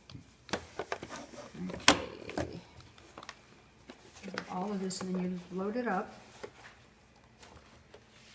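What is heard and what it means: An embroidery hoop holding fabric is handled and loaded toward the embroidery arm of a sewing machine, with sharp taps and knocks of handling throughout while someone talks. Nothing has seated or clicked yet; the hoop has not latched into the arm.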